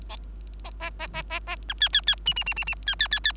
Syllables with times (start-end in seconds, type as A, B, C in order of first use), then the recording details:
0.80-0.90 A, 0.99-1.07 A, 1.13-1.23 A, 1.30-1.40 A, 1.47-1.56 A, 1.68-1.74 B, 1.80-1.89 C, 1.93-2.01 C, 2.07-2.15 C, 2.26-2.34 D, 2.36-2.44 D, 2.46-2.54 D, 2.56-2.65 D, 2.67-2.75 D, 2.86-2.95 C, 2.99-3.08 C, 3.11-3.19 C, 3.24-3.32 C. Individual Bird3